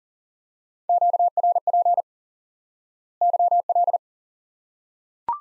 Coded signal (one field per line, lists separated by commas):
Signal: Morse code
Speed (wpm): 40 wpm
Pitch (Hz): 700 Hz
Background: none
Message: QRP YL